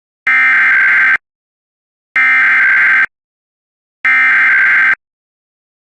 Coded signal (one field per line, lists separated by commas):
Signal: Emergency Alert System (SAME) tones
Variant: header bursts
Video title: Hawaii’s Accidental Volcano Warning (EAS Mock/Recreation)